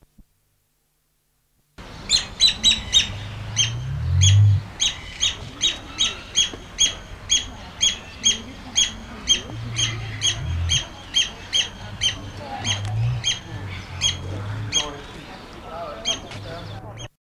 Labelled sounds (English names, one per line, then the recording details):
Crowned Hornbill call
Great Curassow
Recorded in captivity
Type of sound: call
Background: Crax rubra
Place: Vogelpark Walsrode, Niedersachsen, DE
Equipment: Halbspur, 9,5 cm/s
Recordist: Lütgens, Hans
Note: Rufe